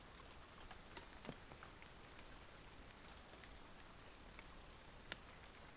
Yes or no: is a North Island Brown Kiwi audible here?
no